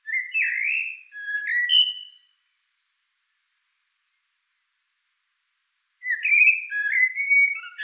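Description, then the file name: Common blackbird song: two bursts of mellow, warbling whistled phrases, the first ending in a higher flourish and the second cut off at the end, separated by about four seconds of silence. "Turdus merula"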